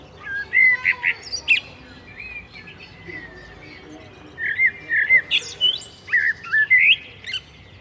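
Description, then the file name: Common blackbird song, two fluty warbling phrases, each closing with sharp high twittering notes, separated by a long quiet gap. "Turdus merula"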